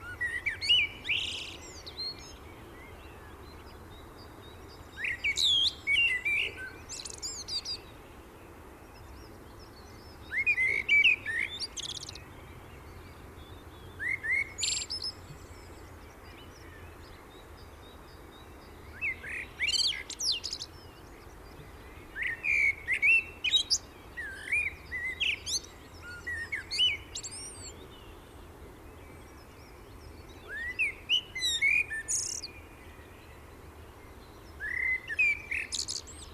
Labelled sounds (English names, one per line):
Common Blackbird song